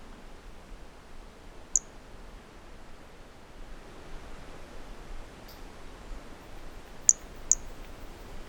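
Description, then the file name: Brachycephalus mirissimus call: three brief, piercing high notes, the last two close together, with wind rushing underneath. Individual 09 recorded at 150 cm on 15 January 2018, first note missing, with wind; specimen collected (MHNCI). "Brachycephalus mirissimus 15 jan 2018 individual 09 ex 02 150 cm first note missing with wind M R Bornschein collected MHNCI"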